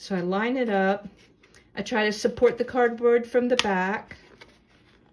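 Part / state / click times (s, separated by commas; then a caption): miniature clock insert into cardboard frame / not seated / none. A miniature clock insert is lined up with the hole in a coffin-shaped cardboard frame, with the 12 o'clock hour at the top, while the cardboard is supported from behind. Someone talks throughout, with only faint handling noise in the quiet gaps. The insert has not snapped into the frame yet.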